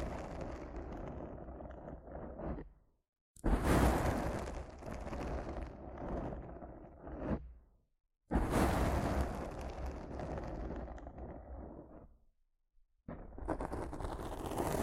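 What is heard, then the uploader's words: Rough mic scratching and brushing comes in three dense, gritty bursts, each starting abruptly with a loud crackly hit and thinning out over a few seconds. Full silences of about a second separate them, near 3, 8 and 13 seconds, with a low rumble under the scraping. ASMR Rough Mic Scratching & Brushing (No Talking).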